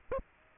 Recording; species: mosquito wingbeat signal from an infrared sensor; Aedes aegypti